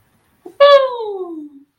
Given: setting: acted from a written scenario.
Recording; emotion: vocal sound without words; pride